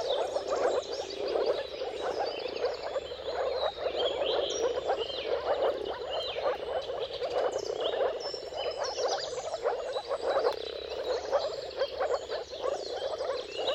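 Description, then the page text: Moor frogs give an unbroken bubbling chorus of many overlapping calls, with numerous bird whistles and chirps layered above throughout. Chorus of mating calls from many moor frogs at sunrise, around the turn of March and April, timing depending on the weather. "Dawn’s Chorus: Mating Calls of Marsh Frogs at Sunrise. Depending on the weather at the turn of March and April, you can witness an amazing spectacle of moor frogs. Jakub-Orzecki moor frogs"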